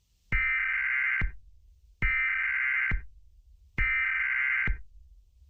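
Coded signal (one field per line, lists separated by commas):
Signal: Emergency Alert System (SAME) tones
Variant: header bursts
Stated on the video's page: Simulated EAS scenario for a radioactive hazard, hastily made with many mistakes.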